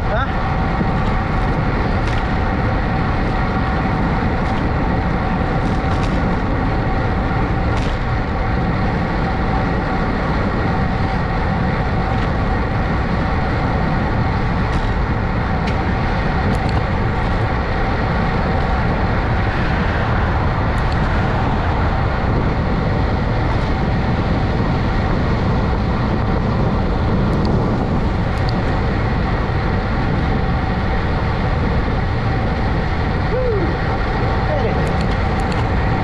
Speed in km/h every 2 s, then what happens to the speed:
35, 35, 34, 34, 34, 34, 35, 39, 40, 42, 44, 44, 40, 39, 37, 37, 40, 44.
0-11 steady at about 34. 11-19 speeds up to 44. 19-30 steady at about 39. 30-36 speeds up to 44.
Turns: none.